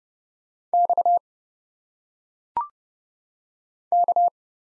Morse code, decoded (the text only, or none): X K